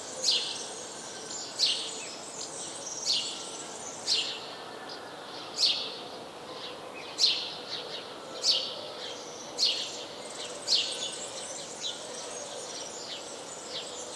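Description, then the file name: House sparrow giving a run of clipped chirps about every second, some doubled. "Passer domesticus"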